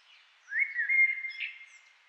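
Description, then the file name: Eurasian blackbird delivering a single mellow, fluting phrase that swoops up, holds a clear whistle, and ends with a brief squeaky flourish. "Turdus merula"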